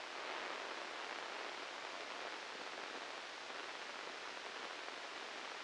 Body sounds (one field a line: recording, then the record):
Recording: brain microelectrode recording played as sound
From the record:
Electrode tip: inside the subthalamic nucleus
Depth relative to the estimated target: 1 mm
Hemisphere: left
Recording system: NeuroSet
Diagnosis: Parkinson's disease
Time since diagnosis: 8 years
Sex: male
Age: 37 years